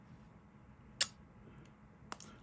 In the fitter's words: And that locks into place.